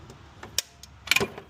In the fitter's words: There we go. Here it snapped into place like a rubber band.